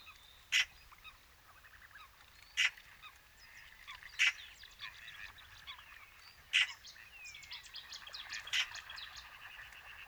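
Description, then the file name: Eurasian magpie uttering five loud, grating chack notes spaced about two seconds apart, while smaller birds twitter and chirp throughout. "Pica pica"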